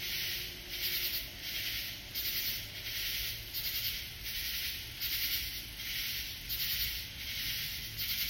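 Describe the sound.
Katydid call, harsh buzzy pulses in a quick regular rhythm, about three every two seconds.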